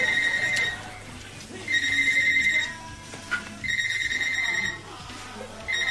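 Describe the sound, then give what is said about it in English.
A telephone rings in repeated high, trilling bursts, about one second each with short gaps, the last cut off at the end. A low steady hum runs underneath and nobody speaks. “I'm expecting a phone call from Sean Connery.”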